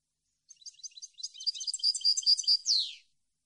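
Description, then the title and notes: European goldfinch song that opens with soft scattered chips, builds into a busy twittering run, and ends in a falling slurred note. Clean goldfinch song compiled on a CD, meant to be copied. "Cd Jilguero. Cd de canto de jilguero limpio para copia"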